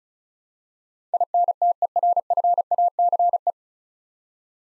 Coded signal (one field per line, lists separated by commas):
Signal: Morse code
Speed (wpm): 36 wpm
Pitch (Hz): 700 Hz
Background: none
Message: INTERFACE